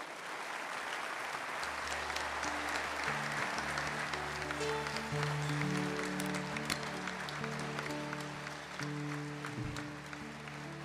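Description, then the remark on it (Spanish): An audience claps steadily and densely for about eleven seconds, applauding a priest who came from Italy, the applause holding at an even loudness while sustained musical tones play underneath. “Un aplauso para el Padre que hoy vino a apoyarnos desde Italia.”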